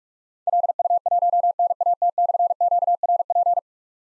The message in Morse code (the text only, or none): LU1NAT/QRP